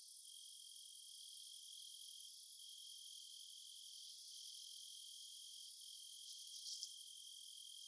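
Insect producing a continuous, shrill, high-pitched buzz with a steady tone underneath, unbroken throughout, and a brief flutter near the end.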